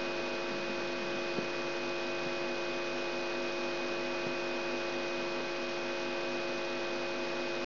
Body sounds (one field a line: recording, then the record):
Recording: brain microelectrode recording played as sound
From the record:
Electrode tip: outside the subthalamic nucleus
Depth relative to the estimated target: 1.5 mm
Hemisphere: right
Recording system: AlphaMap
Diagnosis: Parkinson's disease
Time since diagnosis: 16 years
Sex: male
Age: 67 years